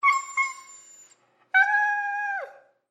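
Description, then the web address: Dog whining: two drawn-out, steady tonal whines, the first high and fading away, the second slightly lower and dropping sharply at its end. Dog whining in fear. "son dun chien qui gemit de peur"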